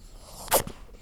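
A single short, sharp, hissing burst lasting about a tenth of a second, with a faint softer puff just after, against quiet background hiss. It is one small sneeze from a bunny.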